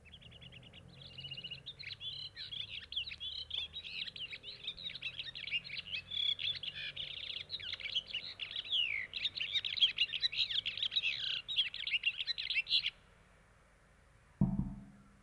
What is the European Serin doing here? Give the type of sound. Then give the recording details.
song. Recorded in the wild. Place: Kaiserslautern, Rheinland-Pfalz, DE. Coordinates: 49.4247, 7.77889. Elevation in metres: 279. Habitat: garden. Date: 1977-05-10. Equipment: Nagra IV, Sennheiser MKH 405, Parabolreflektor. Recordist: Tretzel, Erwin. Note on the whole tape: Garten, Kaiserslautern: Gesang